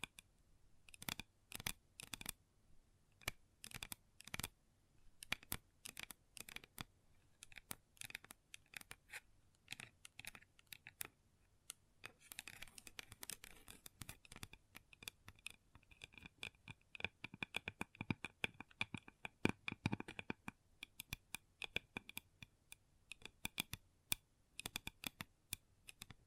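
Long nails tap and scratch on a table in quick, uneven bursts of sharp clicks, like rapid typing. Early on the taps come in dense clusters with short pauses; from about twelve seconds, raspy scratching strokes mix in with continued clicking until the end.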